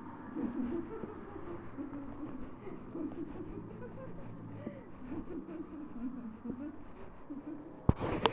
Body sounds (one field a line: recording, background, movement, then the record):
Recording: laughter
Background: traffic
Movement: walking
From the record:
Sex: female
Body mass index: 36.4 kg/m2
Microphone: on the chest, facing the body